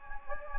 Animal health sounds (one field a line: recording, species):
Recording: mosquito wingbeat signal from an infrared sensor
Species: Anopheles gambiae